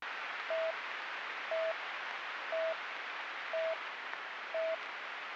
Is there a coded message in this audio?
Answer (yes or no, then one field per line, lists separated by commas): no